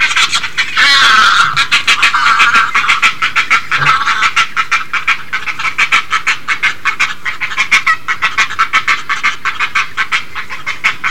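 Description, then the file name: Great egret harsh calls; a loud hoarse outburst near the start, then rapid scratchy notes repeated. "kotuku"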